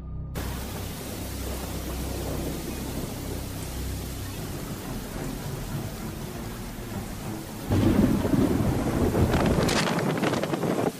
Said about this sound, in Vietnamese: Trời mưa như trút nước, những giọt mưa quất rằng rạc trên nóc chiếc xe đang chạy hết tốc độ.